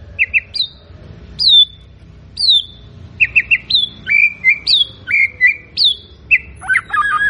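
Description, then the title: White-rumped shama song of rich, varied whistled phrases, with quick doubled notes, slurred falling whistles and a lower warbled ending. Lure recording of a loud, actively singing shama, intended to provoke a response from other birds. "PANCINGAN MURAI BATU GACOR"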